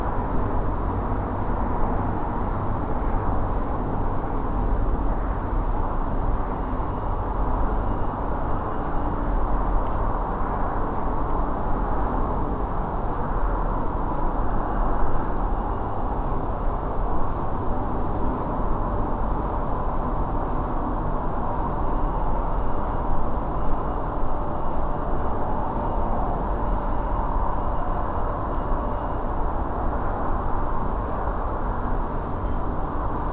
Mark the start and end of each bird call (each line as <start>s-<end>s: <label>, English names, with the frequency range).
5.39s-5.59s: Redwing (6.2-8.5 kHz)
8.75s-9.07s: Redwing (6.2-8.4 kHz)